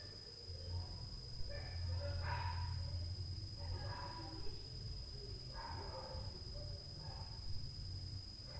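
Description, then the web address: Dog gives several harsh, hoarse barks at uneven intervals over a heavy low drone and a thin constant whine. Night noise in 2022 at 23:26; the dog has been making noise since 22:00. "zone 51 2022 Night Noise 07-10 23 H 26 KIDS DOG NOISE since 22 H 00"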